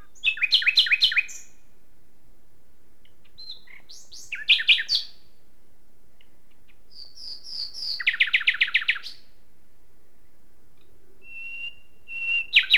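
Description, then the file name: Common nightingale song: varied phrases of rapid repeated notes, high whistles and a long loud trill, each separated by short silences. "Luscinia megarhynchos"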